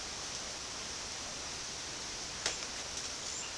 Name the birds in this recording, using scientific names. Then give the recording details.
none. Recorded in secondary vegetation near Puerto Asís, Putumayo, Colombia, on 21 February 2024 at 13:00. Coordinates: 0.472, -76.331. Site G6371